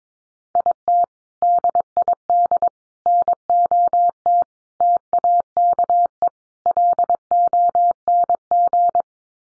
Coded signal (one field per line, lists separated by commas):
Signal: Morse code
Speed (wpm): 22 wpm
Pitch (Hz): 700 Hz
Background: none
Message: IT DID NOT TAKE LONG